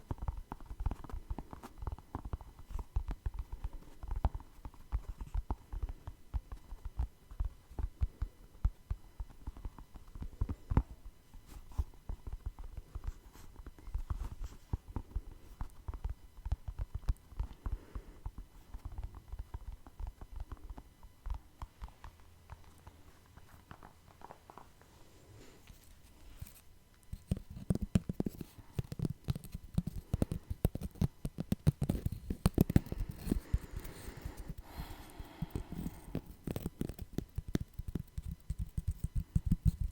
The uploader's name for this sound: Tapping No Talking